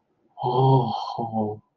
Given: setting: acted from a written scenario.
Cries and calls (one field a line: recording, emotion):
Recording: vocal sound without words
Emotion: realization